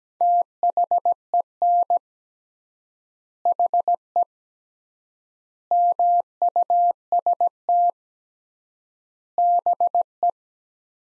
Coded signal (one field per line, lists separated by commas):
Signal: Morse code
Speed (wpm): 17 wpm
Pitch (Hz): 700 Hz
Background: none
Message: THEN HE MUST BE